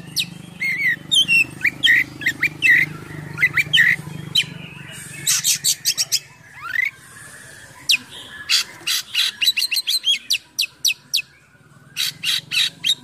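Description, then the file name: Oriental magpie-robin: songbird delivering fast sharp chirps and whistles in varied bursts. Full gacor singing with a rich full isian of imitated songs. "KACER GACOR FULL ISIAN MEWAH"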